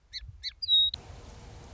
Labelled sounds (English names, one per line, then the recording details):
Song Sparrow
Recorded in Sonoma County, California